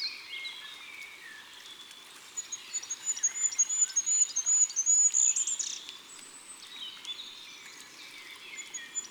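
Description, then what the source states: Goldcrest song: a high, rapid series of thin repeated notes ending in a twirl. Recorded in autumn.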